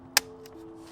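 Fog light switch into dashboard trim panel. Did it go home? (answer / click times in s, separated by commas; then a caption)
yes / 0.2 s. A fog light button switch is pushed into its opening in the plastic dash trim panel and snaps in with a sharp click at 0.2 s, followed by a faint tick at about 0.5 s. A steady low tone hums underneath, and the switch ends up seated flush in the panel.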